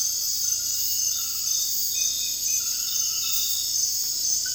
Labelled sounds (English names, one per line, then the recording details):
none
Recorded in dense forest near Puerto Asís, Putumayo, Colombia, on 18 February 2024 at 03:30
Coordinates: 0.485, -76.318
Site G6408